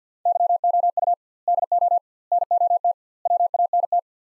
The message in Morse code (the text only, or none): YOU DO NOT WANT